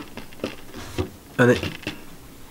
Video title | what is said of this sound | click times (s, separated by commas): How to change the blade on a copping saw - #KnowHow | put a bit of downward pressure on the handle and it clicks into place under tension | 1.0 s